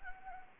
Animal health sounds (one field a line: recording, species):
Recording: mosquito wingbeat signal from an infrared sensor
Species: Anopheles gambiae